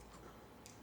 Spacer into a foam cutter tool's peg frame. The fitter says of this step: So you can see it pops right in there.